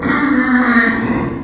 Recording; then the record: squeal of a Yucatan mini pig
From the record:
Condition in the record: after surgery on the right vocal fold (resection and tissue-engineered implant); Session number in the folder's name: 4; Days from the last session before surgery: 26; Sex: female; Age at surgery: 19 weeks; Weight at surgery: 25 kg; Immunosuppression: prednisolone